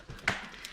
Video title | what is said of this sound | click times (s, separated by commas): Joie Mytrax Pro vs Joie Litetrax Pro Pushchair Review | and it just clicks back into place so | 0.3 s